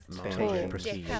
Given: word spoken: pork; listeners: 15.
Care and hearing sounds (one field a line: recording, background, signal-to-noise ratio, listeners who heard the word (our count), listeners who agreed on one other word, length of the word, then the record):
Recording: one English word in noise, from a listening test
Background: four-talker babble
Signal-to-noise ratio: 0.0 dB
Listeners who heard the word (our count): 1 of 15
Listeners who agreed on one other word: 6 of 15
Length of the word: 0.80 s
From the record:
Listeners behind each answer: 6, 3, 2, 2, 1, 1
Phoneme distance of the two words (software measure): 10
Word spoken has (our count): 1 syllable, 3 phonemes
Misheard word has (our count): 1 syllable, 3 phonemes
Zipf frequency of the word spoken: 4.39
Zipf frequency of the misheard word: 5.52